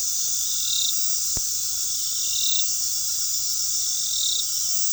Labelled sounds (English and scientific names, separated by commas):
none